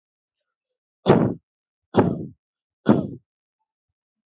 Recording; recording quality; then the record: shallow voluntary cough; excellent, no background noise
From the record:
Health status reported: healthy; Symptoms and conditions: none ticked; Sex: male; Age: 43 years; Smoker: not ticked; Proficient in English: yes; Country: India